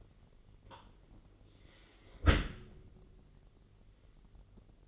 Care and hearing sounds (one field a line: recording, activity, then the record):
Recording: daily activity, microphone in the room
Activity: close dishwasher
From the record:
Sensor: 4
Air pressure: 999.0 hPa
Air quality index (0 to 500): 125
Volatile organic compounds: 2 ppm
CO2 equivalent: 1226 ppm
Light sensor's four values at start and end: 7/16/6/7 and 7/18/7/7